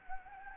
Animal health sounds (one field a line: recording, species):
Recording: mosquito wingbeat signal from an infrared sensor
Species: Anopheles gambiae